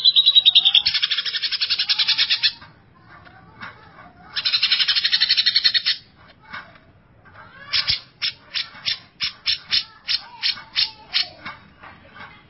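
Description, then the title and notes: Greater green leafbird song alternating long rattling buzzy trills with pauses, ending in a run of loud, evenly spaced sharp chips. Song of a champion-class cucak ijo. "Kicau Burung Cucak Ijo Juara. Suara kicauan burung cucak ijo"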